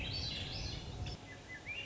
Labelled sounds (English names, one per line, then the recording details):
Swainson's Thrush
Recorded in Sonoma County, California